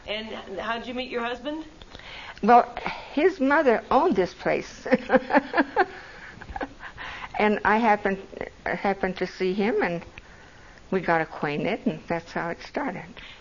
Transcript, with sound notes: And how'd you meet your husband?
Well his mother owned this place. (laughs) And I happened - happened to see him and we got acquainted and that's how it started.